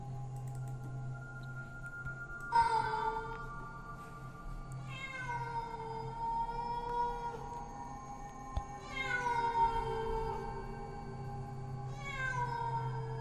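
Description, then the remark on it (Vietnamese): Wild cats wail mournfully at nightfall in long, drawn-out cries, about four overlapping yowls that rise and slowly fall in pitch, sounding over a steady low hum with no talking. “Điều kỳ lạ là những con mèo rừng lại bắt đầu loanh quanh đâu đây, kêu lên những tiếng thê thiết lắm.”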